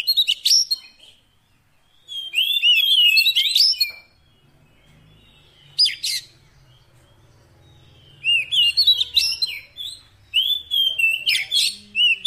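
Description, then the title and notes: Oriental magpie-robin song in dense, jumbled bursts of whistles and sharp chips. A quieter stretch with one short burst comes before a final flurry of fast, varied notes. Fill-in (isian) song, meant to get a magpie-robin singing actively day and night. "Kacer Jadi Gacor Siang Malam. Isian Kacer Durasi Panjang"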